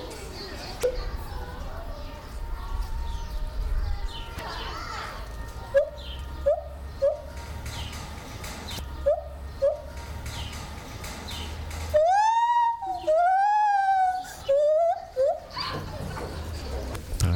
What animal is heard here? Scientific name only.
Hylobates lar